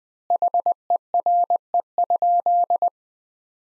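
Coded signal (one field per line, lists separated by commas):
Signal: Morse code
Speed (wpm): 20 wpm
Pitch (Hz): 700 Hz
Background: none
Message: HERE?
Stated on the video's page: Morse practice drill of sentences from the top 300 words at 20 wpm with 3x word spacing, a Farnsworth-like method applied to words.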